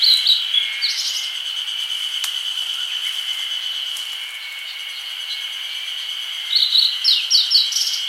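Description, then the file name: Grey bunting: short high chirps at the very start, then a fast string of sharp notes toward the end, all above a steady insect drone. "Emberiza variabilis"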